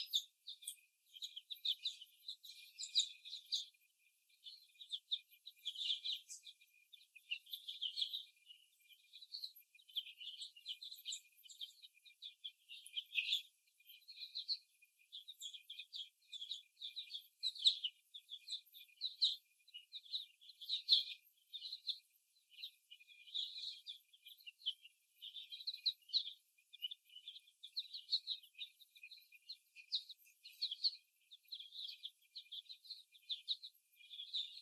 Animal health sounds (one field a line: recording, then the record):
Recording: young laying hens in a cage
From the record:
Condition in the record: after the stressor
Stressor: simulated dog barking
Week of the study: 1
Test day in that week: 1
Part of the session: 2